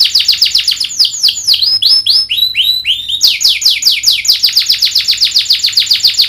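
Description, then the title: Domestic canary singing rapid downslurred whistles, sliding into slower swooping notes, then a long steady run of quick repeated notes. Lively singing canary with the best melodic twists (cengkok) and rich fill-in phrases (isian). "Kenari Gacor Cengkok Terbaik Isian Paling Mewah Kenarigacor Kicaumania Kenari"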